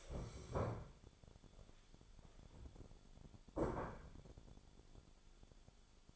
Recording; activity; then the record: daily activity, microphone in the room; stand up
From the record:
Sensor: 5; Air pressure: 1015.3 hPa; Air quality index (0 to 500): 174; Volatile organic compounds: 6 ppm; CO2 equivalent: 1886 ppm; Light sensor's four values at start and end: 36/83/33/32 and 36/83/33/32